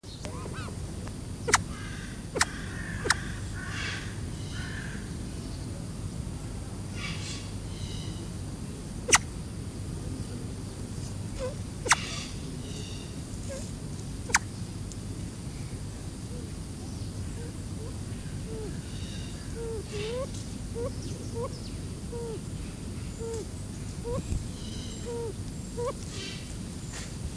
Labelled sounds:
Crested Fireback (Lophura ignita) call

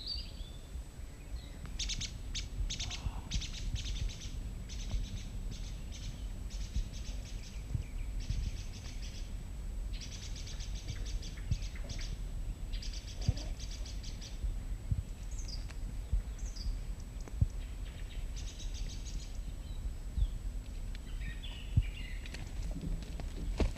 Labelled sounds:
Song Thrush (Turdus philomelos) song

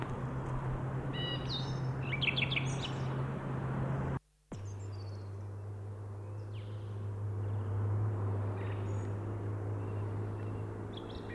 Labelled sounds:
Song Thrush (Turdus philomelos) song

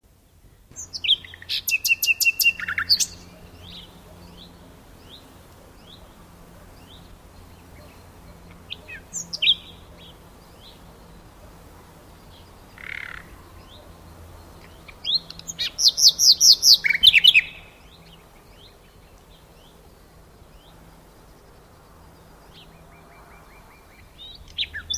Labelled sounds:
Common Nightingale (Luscinia megarhynchos) song

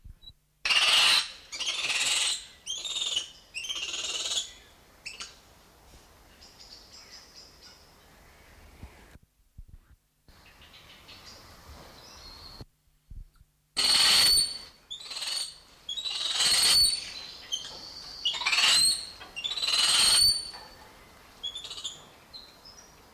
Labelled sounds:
Black-handed Spider Monkey (Ateles geoffroyi)

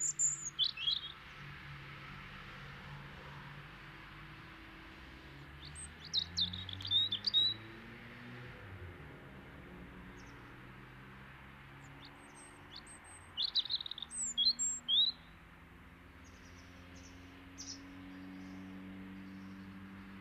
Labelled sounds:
European Robin (Erithacus rubecula) song

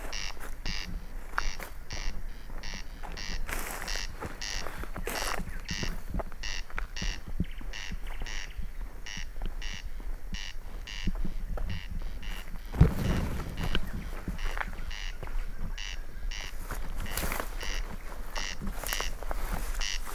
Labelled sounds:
Corn Crake (Crex crex)

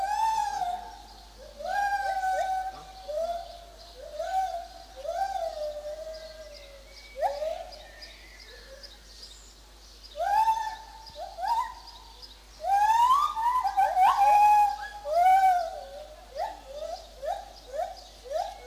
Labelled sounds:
Lar Gibbon (Hylobates lar)

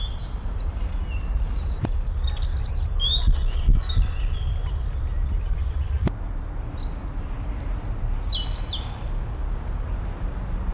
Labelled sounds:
European Robin (Erithacus rubecula)

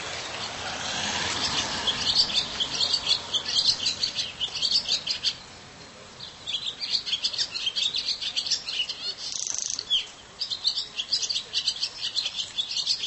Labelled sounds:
Barn Swallow (Hirundo rustica) song

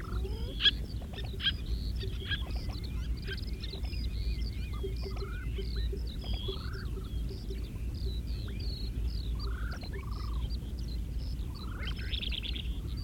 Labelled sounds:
Kentish Plover (Charadrius alexandrinus) call

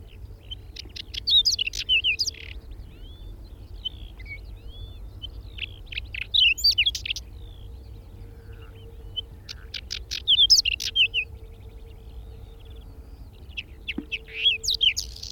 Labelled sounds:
Whinchat (Saxicola rubetra) song

